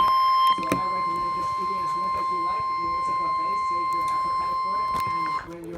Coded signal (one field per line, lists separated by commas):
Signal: Emergency Alert System (SAME) tones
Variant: 1050 Hz attention tone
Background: speech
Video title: EAS 227 SVR FOR MY TOWN